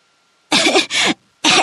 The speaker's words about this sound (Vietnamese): Nó hít sâu một cái, rải bột lên lửa, bước tới. Ngọn lửa gây cảm giác như một làn gió ấm áp. Nó mở miệng ra và lập tức nuốt phải một bụng tro. Nó ho.